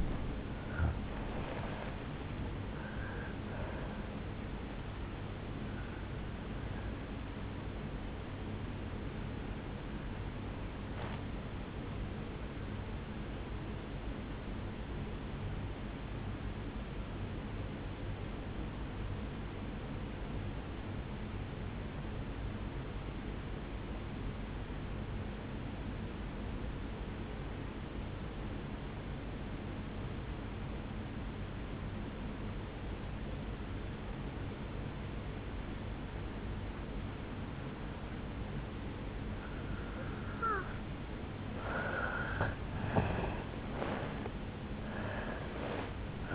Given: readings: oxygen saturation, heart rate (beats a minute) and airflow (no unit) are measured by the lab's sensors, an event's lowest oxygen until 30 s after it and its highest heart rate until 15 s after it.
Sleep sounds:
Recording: breathing in sleep by a voice recorder at the bedside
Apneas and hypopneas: 1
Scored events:
3.00-46.35 s: new sleep stage, N1 (lightest sleep)
12.00-42.10 s: obstructive apnea (N1, oxygen 97% highest, then 84% lowest, heart rate 62 at the start, 79 highest)
From the record:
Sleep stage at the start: N2 (light sleep)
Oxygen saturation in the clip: 84 to 97%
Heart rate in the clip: 61 to 81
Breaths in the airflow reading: 4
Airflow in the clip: -11.7 to 8.7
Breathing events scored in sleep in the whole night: 449 in 7.0 hours asleep

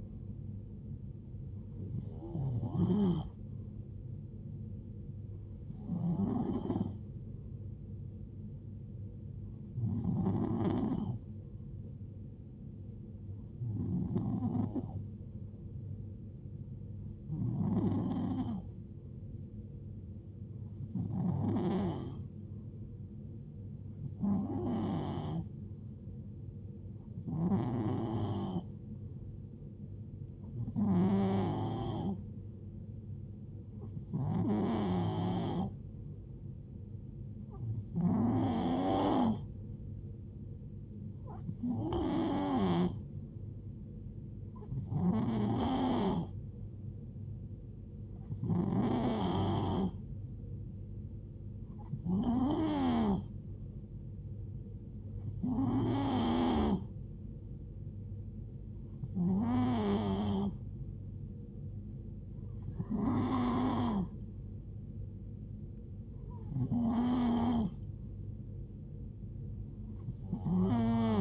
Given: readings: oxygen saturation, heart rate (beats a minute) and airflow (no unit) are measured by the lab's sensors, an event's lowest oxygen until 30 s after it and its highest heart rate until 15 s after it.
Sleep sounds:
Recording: breathing in sleep by a smartphone at the bedside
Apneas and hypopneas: 1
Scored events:
13.00-39.20 s: hypopnea (N2, oxygen 93% highest, then 91% lowest, heart rate 70 at the start, 73 highest)
35.00-65.00 s: new sleep stage, N3 (deep sleep)
65.00-71.21 s: new sleep stage, N2 (light sleep)
From the record:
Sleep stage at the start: N2 (light sleep)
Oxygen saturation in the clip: 90 to 93%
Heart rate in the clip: 66 to 75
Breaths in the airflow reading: 20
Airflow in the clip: -4.1 to 2.8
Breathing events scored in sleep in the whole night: 389 in 6.3 hours asleep

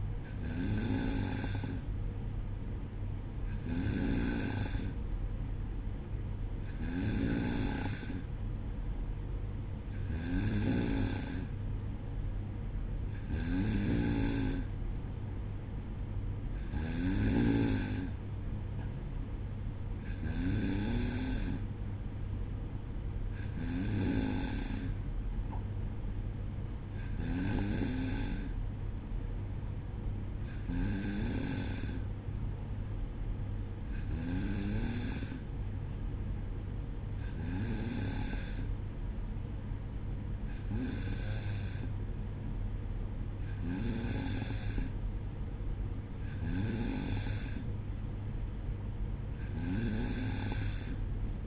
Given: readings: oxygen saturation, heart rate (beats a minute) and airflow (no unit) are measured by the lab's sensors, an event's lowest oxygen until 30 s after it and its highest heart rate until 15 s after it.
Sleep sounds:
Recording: breathing in sleep by a smartphone at the bedside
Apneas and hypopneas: none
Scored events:
none scored
From the record:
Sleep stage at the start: N2 (light sleep)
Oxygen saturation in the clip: 93 to 94%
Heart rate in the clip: 59 to 62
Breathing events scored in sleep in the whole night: 305 in 9.6 hours asleep

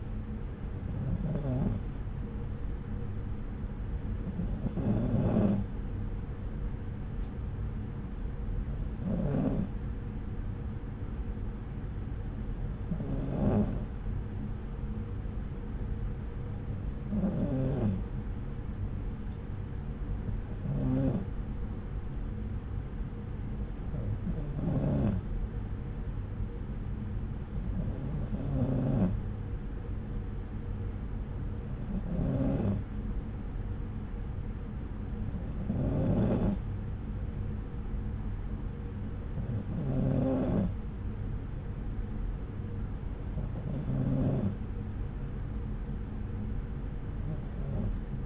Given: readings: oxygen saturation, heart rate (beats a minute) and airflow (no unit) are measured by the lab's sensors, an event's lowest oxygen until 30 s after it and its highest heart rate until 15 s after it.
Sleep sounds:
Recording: breathing in sleep by a smartphone at the bedside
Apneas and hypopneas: none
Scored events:
none scored
From the record:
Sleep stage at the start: N2 (light sleep)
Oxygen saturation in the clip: 93 to 94%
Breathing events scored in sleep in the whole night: 303 in 8.1 hours asleep

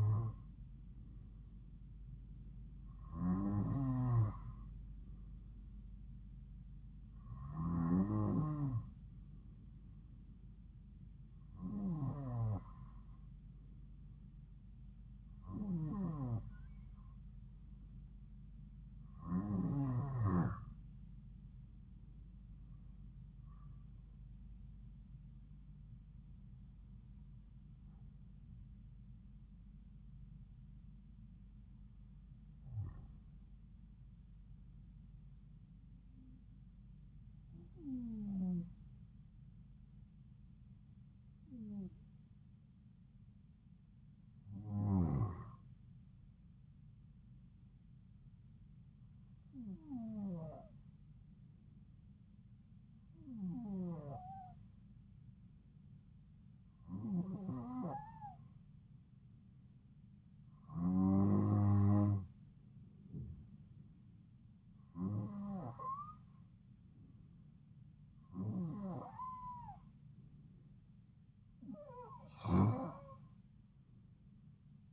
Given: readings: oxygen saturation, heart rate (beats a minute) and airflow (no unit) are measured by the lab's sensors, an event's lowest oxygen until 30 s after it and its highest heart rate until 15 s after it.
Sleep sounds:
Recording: breathing in sleep by a smartphone at the bedside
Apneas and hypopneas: none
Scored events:
none scored
From the record:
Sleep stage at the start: N2 (light sleep)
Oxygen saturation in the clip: 92 to 94%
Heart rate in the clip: 66 to 74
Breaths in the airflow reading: 19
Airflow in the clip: -3.0 to 5.1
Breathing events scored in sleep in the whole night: 270 in 6.1 hours asleep

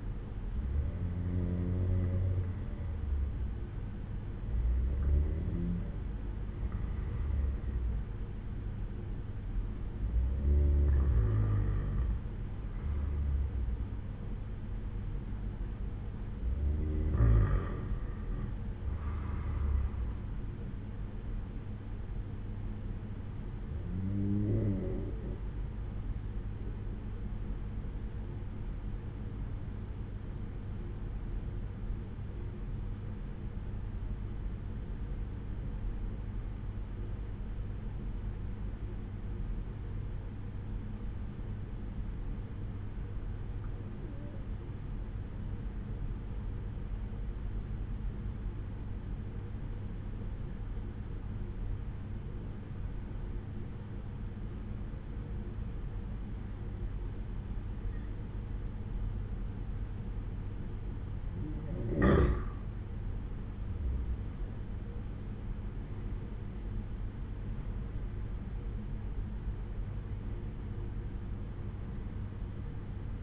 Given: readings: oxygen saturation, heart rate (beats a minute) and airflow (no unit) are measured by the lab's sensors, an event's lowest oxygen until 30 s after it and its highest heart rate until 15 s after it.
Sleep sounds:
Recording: breathing in sleep by a smartphone at the bedside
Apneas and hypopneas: 1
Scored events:
22.00-59.80 s: hypopnea (N2, oxygen 95% highest, then 89% lowest, heart rate 63 at the start, 65 highest)
69.00-73.23 s: new sleep stage, N1 (lightest sleep)
From the record:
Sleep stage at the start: N2 (light sleep)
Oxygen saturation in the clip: 89 to 95%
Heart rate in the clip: 59 to 65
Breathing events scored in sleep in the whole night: 187 in 7.2 hours asleep

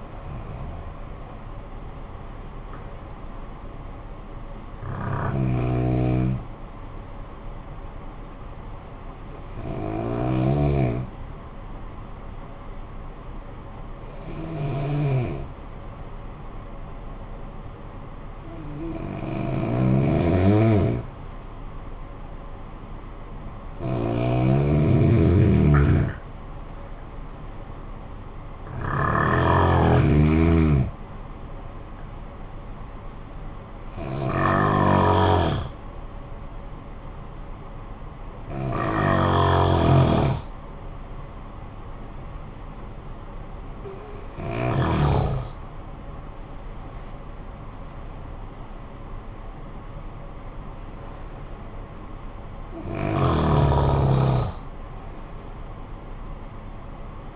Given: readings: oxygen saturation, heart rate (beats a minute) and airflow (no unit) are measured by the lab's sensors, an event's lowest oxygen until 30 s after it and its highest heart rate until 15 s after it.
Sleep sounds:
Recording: breathing in sleep by a smartphone at the bedside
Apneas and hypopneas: 1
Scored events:
11.00-27.50 s: hypopnea (N1, oxygen 95% highest, then 91% lowest, heart rate 51 at the start, 63 highest)
From the record:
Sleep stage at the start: N1 (lightest sleep)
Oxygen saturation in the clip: 90 to 95%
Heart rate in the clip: 51 to 69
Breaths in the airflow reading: 12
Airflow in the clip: -12.8 to 12.0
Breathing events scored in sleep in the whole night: 445 in 7.6 hours asleep

